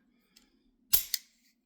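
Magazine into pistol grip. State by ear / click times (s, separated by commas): seated / 1.1 s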